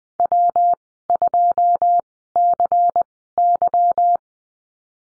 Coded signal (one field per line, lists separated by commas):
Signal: Morse code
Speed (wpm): 20 wpm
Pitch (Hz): 700 Hz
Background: none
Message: W2CY